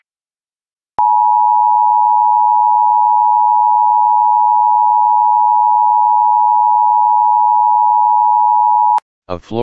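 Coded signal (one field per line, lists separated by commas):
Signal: Emergency Alert System (SAME) tones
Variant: 853 and 960 Hz attention tone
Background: speech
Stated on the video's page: Child Abduction Emergency EAS alert for a Florida AMBER Alert.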